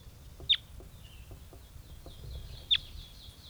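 Crossbill calls: two sharp, clipped downslurred kip notes about two seconds apart against quiet hiss.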